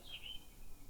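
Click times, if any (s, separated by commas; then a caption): none. A plastic snap-in part is handled and pressed toward its spot on an Aprilia child's electric bike, meant to snap into place with little force. Only quiet, low handling noise is heard, with a faint high chirp-like tone in the first 0.4 s. Nothing has seated or clicked yet.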